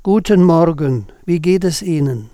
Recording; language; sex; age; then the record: spoken sentence; German; male; 70 to 79 years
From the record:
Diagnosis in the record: hypofunctional dysphonia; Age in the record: 71 years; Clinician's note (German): Hypofunktionelle Dysphonie